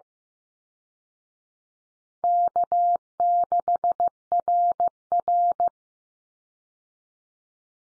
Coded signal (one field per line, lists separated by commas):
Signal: Morse code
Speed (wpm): 15 wpm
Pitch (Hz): 700 Hz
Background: none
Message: K6RR